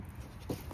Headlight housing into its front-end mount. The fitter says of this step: Okay, once you push that in there, you'll hear it snap